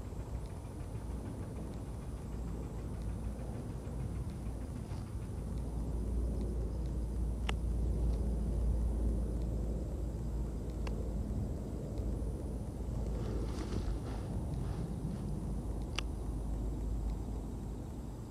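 Autumn insects and birds sound over a constant low rumble of traffic passing in the distance, which swells a little around the middle. A few sharp clicks stand out near 7, 11 and 16 seconds, and a steady thin high tone runs across the top.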